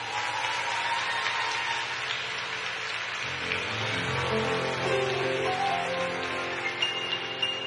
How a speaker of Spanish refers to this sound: fuerte el aplauso.